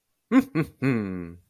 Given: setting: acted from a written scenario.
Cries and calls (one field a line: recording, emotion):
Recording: vocal sound without words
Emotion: triumph